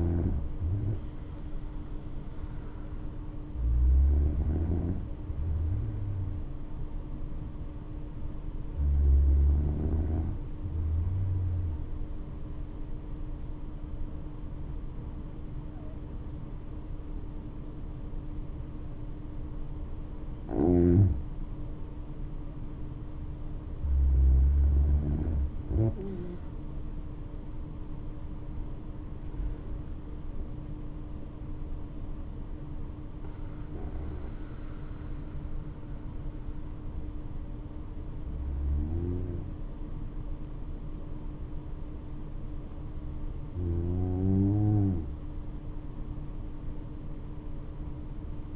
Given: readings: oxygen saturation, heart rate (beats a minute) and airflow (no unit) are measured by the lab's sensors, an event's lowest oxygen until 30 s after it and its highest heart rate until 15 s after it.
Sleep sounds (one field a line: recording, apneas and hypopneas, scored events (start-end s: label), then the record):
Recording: breathing in sleep by a smartphone at the bedside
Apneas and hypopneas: 1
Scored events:
11.00-24.10 s: hypopnea (N2, oxygen 96% highest, then 93% lowest, heart rate 58 at the start, 70 highest)
From the record:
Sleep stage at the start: N2 (light sleep)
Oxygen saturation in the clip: 93 to 96%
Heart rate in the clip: 54 to 70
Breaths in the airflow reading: 8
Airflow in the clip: -8.0 to 10.9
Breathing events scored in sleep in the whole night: 228 in 5.4 hours asleep